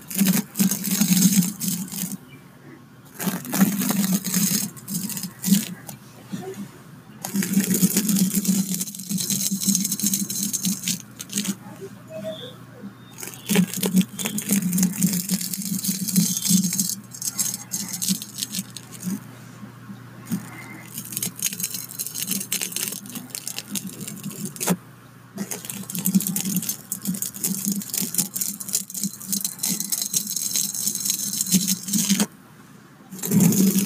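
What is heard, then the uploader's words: Tapping and brushing sounds run through the clip in dense, irregular bursts, with short pauses near 3, 7, 25 and 33 seconds. The brushing has a bright hiss over a low, soft thump, and a steady low hum sits underneath throughout. Tapping and brushing sounds. The types of brushes I used where new paint brushes that sounded amazing!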